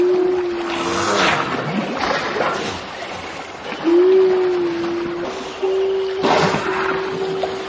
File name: Pacific Walrus AKFish Game